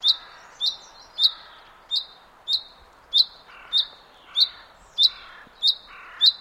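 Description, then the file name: Common chaffinch calls, a short sharp high note repeated many times at a steady pace, with softer lower sounds in between. "Fringilla coelebs"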